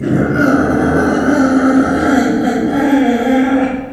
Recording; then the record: squeal of a Yucatan mini pig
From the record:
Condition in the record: after surgery on the right vocal fold (resection and tissue-engineered implant); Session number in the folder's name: 3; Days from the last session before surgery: 21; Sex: female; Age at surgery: 19 weeks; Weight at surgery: 25 kg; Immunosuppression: prednisolone